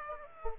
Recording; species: mosquito wingbeat signal from an infrared sensor; Aedes aegypti